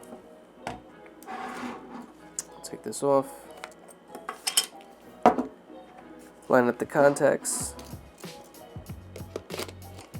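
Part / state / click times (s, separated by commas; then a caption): lens into mirrorless camera body mount / not seated / none. A lens is handled against the mount of a Sony A9 mirrorless camera body before being twisted on to lock, with sharp handling clacks and taps, the loudest near 5.3 s, while someone talks over music in the background. The clip ends before the lens goes home, so nothing has seated or clicked yet.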